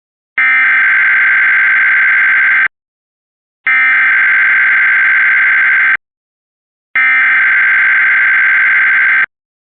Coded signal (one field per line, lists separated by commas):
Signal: Emergency Alert System (SAME) tones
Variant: header bursts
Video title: Tornado Drill for WV! EAS #136